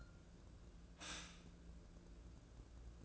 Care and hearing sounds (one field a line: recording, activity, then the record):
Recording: daily activity, microphone in the room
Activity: stop toaster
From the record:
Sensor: 2